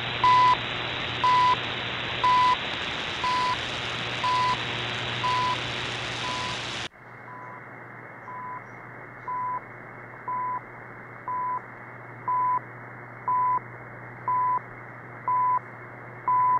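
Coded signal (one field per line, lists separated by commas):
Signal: radio time signal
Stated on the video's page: Time signal from CHU, Canada's shortwave time station near Ottawa, on 3330, 7850 and 14670 kHz.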